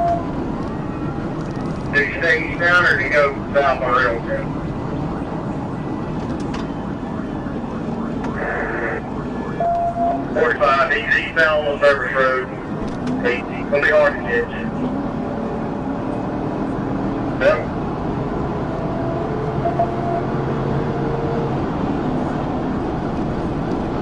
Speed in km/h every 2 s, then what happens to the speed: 158, 158, 142, 130, 126, 126, 134, 138, 151, 169, 175, 180.
0-9 brakes to 126. 9-24 speeds up to 180.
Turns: none.